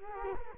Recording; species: mosquito wingbeat signal from an infrared sensor; Culex quinquefasciatus